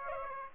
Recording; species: mosquito wingbeat signal from an infrared sensor; Aedes aegypti